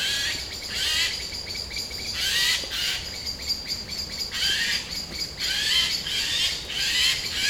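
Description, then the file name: Eurasian jay screeching repeatedly: loud, grating, noisy squawks in bursts about every second or two. "Garrulus glandarius"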